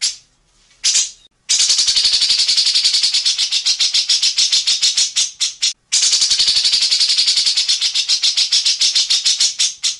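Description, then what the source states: Grey-cheeked bulbul giving two short rasps, then long, fast, grating rattles of repeated harsh notes, interrupted once by a short pause. Masteran (training) recording of a bird singing actively, with long harsh 'besetan' rattling bursts.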